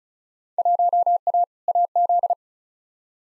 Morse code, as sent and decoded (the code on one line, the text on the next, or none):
.---- .- / .- --..
1A AZ